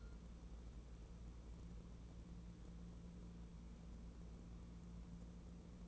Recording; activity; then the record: daily activity, microphone in the room; wipe stove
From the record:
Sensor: 1